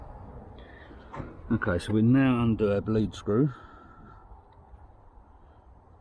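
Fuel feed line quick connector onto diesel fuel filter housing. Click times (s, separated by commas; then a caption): 1.1 s. The plastic quick-release connector on a Vivaro van's inlet fuel feed line is pushed back onto the diesel fuel filter housing and clicks at 1.1 s, seating it. Someone then talks over a low background hum.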